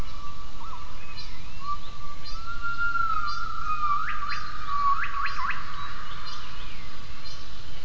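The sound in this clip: Gibbon calls: a long, steady hoot followed by a burst of quick rising notes, over a constant low rumble.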